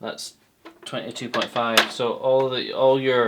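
A miter saw turntable is swung by hand toward its 45-degree angle detent stop while someone talks over soft handling sounds. The clip ends before the turntable reaches the detent, so nothing has clicked into place yet.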